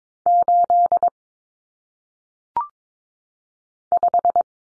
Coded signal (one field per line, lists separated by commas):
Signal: Morse code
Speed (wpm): 22 wpm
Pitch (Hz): 700 Hz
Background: none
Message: 8 5